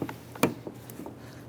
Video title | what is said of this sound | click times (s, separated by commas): How to Replace Power Window Motor & Regulator Assembly 2005-2010 Chrysler 300 | once that's snapped on I want to go ahead and support | 0.4 s